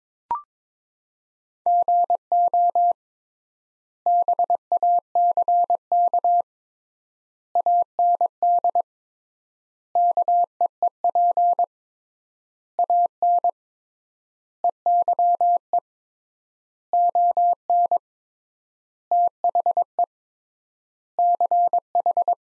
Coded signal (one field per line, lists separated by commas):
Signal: Morse code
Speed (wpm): 22 wpm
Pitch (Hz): 700 Hz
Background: none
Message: GO BACK AND KEEP AN EYE ON THE CH